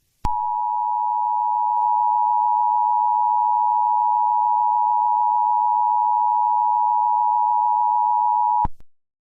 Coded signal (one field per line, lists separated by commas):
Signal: Emergency Alert System (SAME) tones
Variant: 853 and 960 Hz attention tone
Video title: EAS scenario | Second American Civil War | pt 2